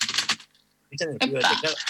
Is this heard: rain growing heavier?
no